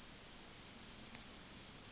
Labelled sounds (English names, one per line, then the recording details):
Yellowhammer song
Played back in forest
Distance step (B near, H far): C
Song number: 111